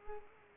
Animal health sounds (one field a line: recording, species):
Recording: mosquito wingbeat signal from an infrared sensor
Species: Culex pipiens